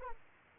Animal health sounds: mosquito wingbeat signal from an infrared sensor; Aedes aegypti

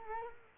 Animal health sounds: mosquito wingbeat signal from an infrared sensor; Culex quinquefasciatus

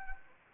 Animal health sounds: mosquito wingbeat signal from an infrared sensor; Anopheles arabiensis

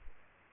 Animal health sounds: mosquito wingbeat signal from an infrared sensor; Aedes aegypti

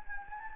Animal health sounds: mosquito wingbeat signal from an infrared sensor; Anopheles gambiae

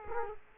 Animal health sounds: mosquito wingbeat signal from an infrared sensor; Culex quinquefasciatus

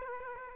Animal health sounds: mosquito wingbeat signal from an infrared sensor; Aedes aegypti

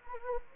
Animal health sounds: mosquito wingbeat signal from an infrared sensor; Anopheles gambiae

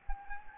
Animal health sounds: mosquito wingbeat signal from an infrared sensor; Anopheles gambiae

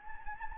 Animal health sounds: mosquito wingbeat signal from an infrared sensor; Anopheles gambiae

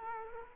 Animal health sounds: mosquito wingbeat signal from an infrared sensor; Culex quinquefasciatus

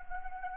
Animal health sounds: mosquito wingbeat signal from an infrared sensor; Anopheles arabiensis

